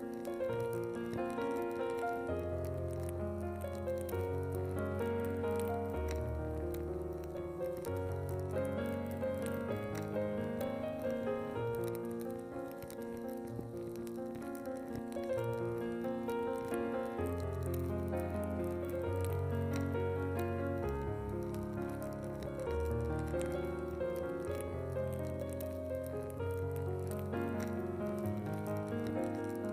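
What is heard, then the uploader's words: Classical music plays steadily throughout, with sustained string-like chords over a low bass line that steps between notes every couple of seconds. The volume stays even from start to finish. A faint, soft crackle sits in the background. Reading Nook w Candles and Classical Music. Listen to candle flickering. Hand picked Classical classics by Mozart, Beethoven, Handel, Chopin, Bach, and Tchaikovsky.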